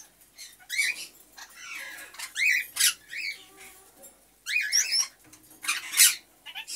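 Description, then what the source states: Senegal parrot giving quick buzzy squawks mixed with rising and falling whistles, grouped in loud bursts separated by brief quiet gaps. Hand-tame talking Senegal parrot named Alik.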